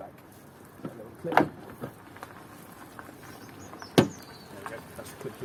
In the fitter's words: That's the click you're listening for.